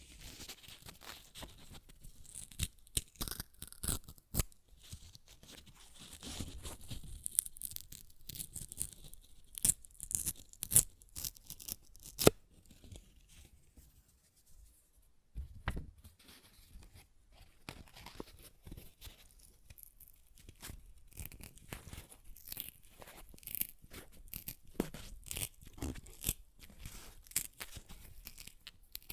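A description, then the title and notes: Paper is ripped and torn in dense bursts of sharp crackling snaps, with a brief quieter pause near fifteen seconds before the tearing resumes. ASMR Paper Ripping Tearing Sounds (No Talking).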